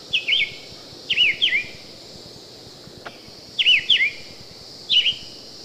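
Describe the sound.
Summer Tanager: short slurred whistled notes, mostly in pairs, separated by pauses, with one sharp click midway and faint hiss throughout.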